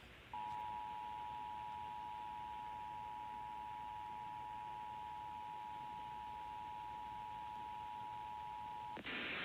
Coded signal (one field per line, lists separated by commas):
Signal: Emergency Alert System (SAME) tones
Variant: 853 and 960 Hz attention tone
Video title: [EAS #185-187] NYC Required Monthly Tests (Read Description)